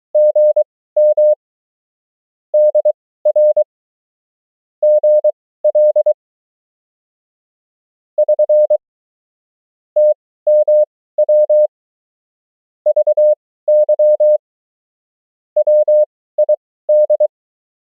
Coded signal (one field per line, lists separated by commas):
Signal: Morse code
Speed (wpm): 23 wpm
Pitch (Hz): 600 Hz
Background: none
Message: GM DR GL <SN> TMW VY WID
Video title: CW Fluency: The 500 Most Common Morse Code Words & Abbreviations @20 wpm